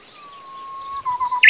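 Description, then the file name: Japanese bush warbler giving a long, low, steady whistle that breaks into a few short wavering notes, cut off as a louder higher note begins. "uguisu"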